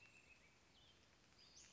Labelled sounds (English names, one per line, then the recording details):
Western Flycatcher
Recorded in Sonoma County, California